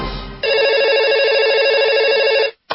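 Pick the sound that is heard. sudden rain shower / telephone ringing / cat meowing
telephone ringing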